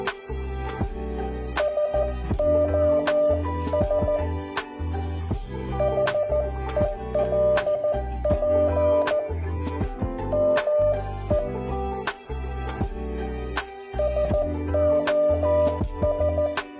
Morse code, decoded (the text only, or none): SOS HELP ME SOS